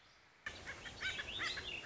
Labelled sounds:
Warbling Vireo
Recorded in Sonoma County, California

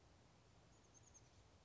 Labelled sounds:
Oak Titmouse
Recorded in Sonoma County, California

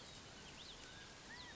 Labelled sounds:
California Quail
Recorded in Sonoma County, California

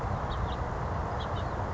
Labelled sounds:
House Finch
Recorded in Sonoma County, California

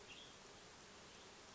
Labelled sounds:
Western Tanager
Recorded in Sonoma County, California

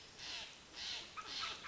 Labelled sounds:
Steller's Jay
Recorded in Sonoma County, California

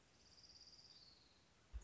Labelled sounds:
Orange-crowned Warbler
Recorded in Sonoma County, California

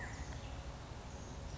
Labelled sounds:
California Quail
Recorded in Sonoma County, California

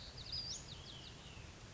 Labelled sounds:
Western Flycatcher
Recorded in Sonoma County, California

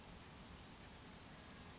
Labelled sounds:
Oak Titmouse
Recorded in Sonoma County, California

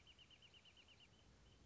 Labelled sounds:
Wrentit
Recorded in Sonoma County, California

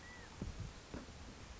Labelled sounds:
California Quail
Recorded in Sonoma County, California

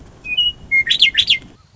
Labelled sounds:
Western Meadowlark
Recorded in Sonoma County, California

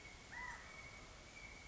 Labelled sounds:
California Quail
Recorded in Sonoma County, California

